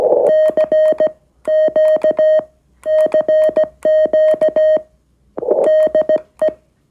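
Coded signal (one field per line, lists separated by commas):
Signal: Morse code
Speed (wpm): 17 wpm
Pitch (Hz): 620 Hz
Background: none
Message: CQ CQ DE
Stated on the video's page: QRP-to-QRP CW contact on the 40m band with the small SW-3B radio.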